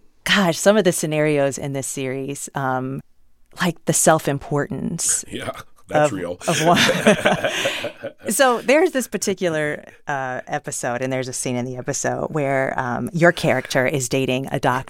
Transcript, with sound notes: Gosh, some of the scenarios in this series, like the self-importance...
Yeah. That's real.
...Of...
(LAUGHTER)
So there's this particular episode, and there's a scene in the episode where your character is dating a doctor.